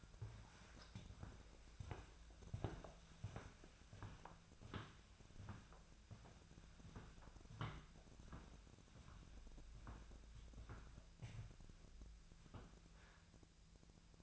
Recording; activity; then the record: daily activity, microphone in the room; walk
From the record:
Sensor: 2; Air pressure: 1008.1 hPa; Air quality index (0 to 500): 182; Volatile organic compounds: 10 ppm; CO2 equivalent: 2237 ppm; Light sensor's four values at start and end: 13/31/13/14 and 13/30/13/13